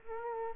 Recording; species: mosquito wingbeat signal from an infrared sensor; Culex quinquefasciatus